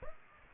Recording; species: mosquito wingbeat signal from an infrared sensor; Aedes aegypti